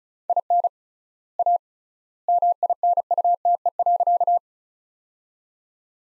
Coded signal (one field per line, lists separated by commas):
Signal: Morse code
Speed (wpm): 36 wpm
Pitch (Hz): 700 Hz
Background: none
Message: IN A MINUTE.